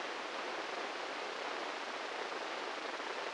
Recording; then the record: brain microelectrode recording played as sound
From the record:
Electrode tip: inside the subthalamic nucleus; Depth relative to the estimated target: -3 mm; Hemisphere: right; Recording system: NeuroSet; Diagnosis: Parkinson's disease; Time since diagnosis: 8 years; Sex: male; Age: 58 years